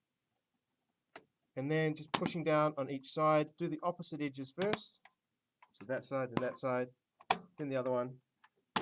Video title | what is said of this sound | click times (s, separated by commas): Removing CPU and Ram: Quick Demonstration | And big push in the middle, you should hear it click in. | 1.2 s